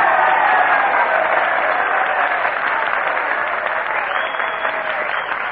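Sustained audience applause encourages Jack Benny to come up and play a violin solo. It is a dense, steady wash of many hands clapping at an even, loud level that tapers only slightly toward the end, with no one speaking over it.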